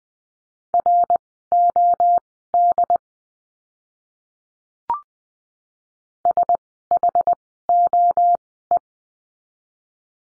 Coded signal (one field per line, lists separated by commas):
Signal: Morse code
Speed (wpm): 20 wpm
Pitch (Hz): 700 Hz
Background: none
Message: ROD SHOE